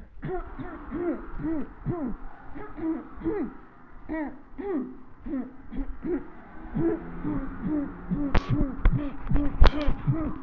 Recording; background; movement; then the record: throat clearing; traffic; walking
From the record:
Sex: female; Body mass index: 21.8 kg/m2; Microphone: on the chest, facing the body